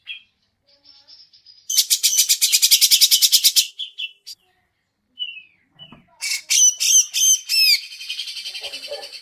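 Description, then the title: Grey-cheeked bulbul: a steady rapid rattle of harsh notes lasting about two seconds, then a quieter gap and a burst of slurred, squeaky notes. Masteran training song, long duration. "Cucak Jenggot Masteran Durasi Panjang"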